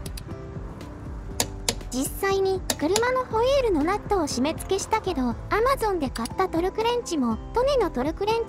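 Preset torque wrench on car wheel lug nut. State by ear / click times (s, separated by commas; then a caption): torque reached / 1.4 s, 1.7 s. After switching from a 19 mm socket that did not fit to a 21 mm socket, a preset torque wrench tightens a car wheel lug nut. Two sharp, loud clicks at 1.4 s and 1.7 s show the wrench reaching its set torque on the wheel nut. Someone talks over background music.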